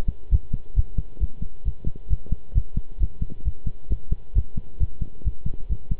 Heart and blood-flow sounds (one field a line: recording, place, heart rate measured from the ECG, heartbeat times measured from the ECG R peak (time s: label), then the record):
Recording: heart sounds by stethoscope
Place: between the tricuspid and mitral areas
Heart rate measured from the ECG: 134 bpm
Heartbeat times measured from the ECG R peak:
0.31 s: heartbeat
0.76 s: heartbeat
1.20 s: heartbeat
1.65 s: heartbeat
2.10 s: heartbeat
2.55 s: heartbeat
3.00 s: heartbeat
3.45 s: heartbeat
3.90 s: heartbeat
4.35 s: heartbeat
4.80 s: heartbeat
5.24 s: heartbeat
5.69 s: heartbeat
From the record:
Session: pedaling a stationary bicycle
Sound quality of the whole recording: good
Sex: male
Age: 23 years